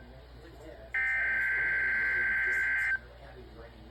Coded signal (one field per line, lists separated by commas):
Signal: Emergency Alert System (SAME) tones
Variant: header bursts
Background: speech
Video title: EAS Tornado Watch December 9, 2023